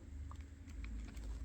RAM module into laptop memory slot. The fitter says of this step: you hear those clicks, so your RAM is well seated.